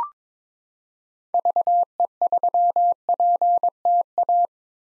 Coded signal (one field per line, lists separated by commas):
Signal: Morse code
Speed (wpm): 22 wpm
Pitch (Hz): 700 Hz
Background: none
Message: VE3PTA